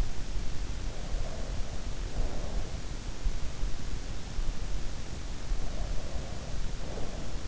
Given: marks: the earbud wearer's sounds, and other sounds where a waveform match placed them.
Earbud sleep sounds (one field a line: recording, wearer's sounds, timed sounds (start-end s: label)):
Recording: sounds in sleep by an in-ear microphone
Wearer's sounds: breath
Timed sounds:
0.98-2.73 s: breath
5.47-7.48 s: breath